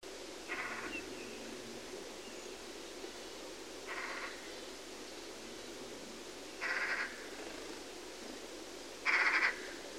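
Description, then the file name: Eurasian magpie giving single harsh, rasping calls spaced several seconds apart, rather faint over a steady low background hiss. "Pica pica"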